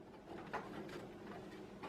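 An SSD drive tray is slid by hand toward the drive bay of an Enermax Equilence PC case, making low, steady handling and sliding noise with a brief louder scrape around 0.5 seconds. The tray has not locked or clicked into place yet.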